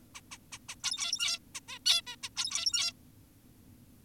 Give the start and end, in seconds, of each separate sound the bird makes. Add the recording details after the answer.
0.15-0.21, 0.32-0.38, 0.52-0.58, 0.69-0.75, 0.84-1.39, 1.55-1.60, 1.68-1.79, 1.86-2.02, 2.07-2.16, 2.23-2.29, 2.37-2.93. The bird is an adult. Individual g17y2U